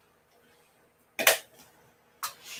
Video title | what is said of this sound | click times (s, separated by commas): Let's Build It... Sain Smart Genmitsu CNC Router | okay there we go that all just kind of snapped into place nicely there so | 1.2 s